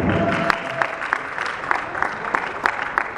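An audience claps steadily, a dense wash of overlapping handclaps with sharper individual claps popping out in an irregular rhythm, holding at a moderate, even loudness throughout.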